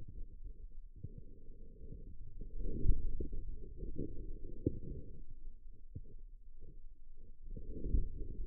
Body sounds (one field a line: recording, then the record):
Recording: forearm muscle sounds (acoustic myography)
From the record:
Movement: inward rotation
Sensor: system 2, bracelet of six BSWA MPA416 microphones around the upper forearm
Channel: 4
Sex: male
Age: 22 years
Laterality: right